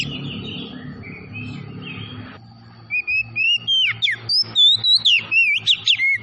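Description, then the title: Oriental magpie-robin song beginning after a few quiet seconds of soft background sound, then a fast sequence of loud, varied whistles and slurred notes. Tretes variety, singing vigorously (gacor). "Kacer Tretes Gacor"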